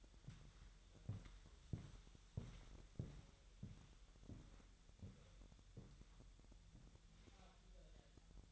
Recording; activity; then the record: daily activity, microphone in the room; walk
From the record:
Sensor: 3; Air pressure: 1001.9 hPa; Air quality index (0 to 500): 245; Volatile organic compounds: 120 ppm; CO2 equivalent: 3876 ppm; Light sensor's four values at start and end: 9/21/9/9 and 9/21/9/9